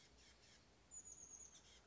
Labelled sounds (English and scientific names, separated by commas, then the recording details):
Chestnut-backed Chickadee (Poecile rufescens)
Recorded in Sonoma County, California